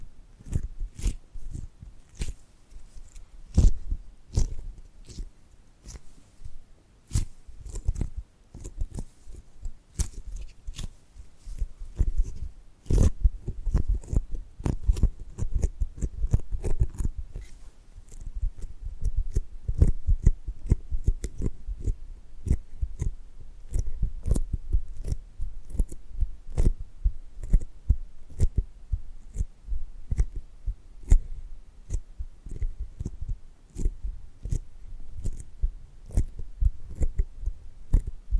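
Tapping and gripping sounds run the full length in a dense, uneven stream of short taps and clicks, several per second. Each tap carries a dull low thump with a crisp snip-like edge. Sharper, louder hits stand out near 4, 13 and 20 seconds.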